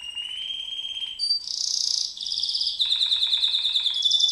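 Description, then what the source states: White-eye song in a continuous stream of high whistles and rapid buzzy trills, shifting pitch every second or so. Song in ngerol ngalas style.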